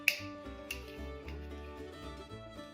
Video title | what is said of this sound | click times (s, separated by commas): SeedPlantingParty 2025 | until they click. | 0.1 s, 0.7 s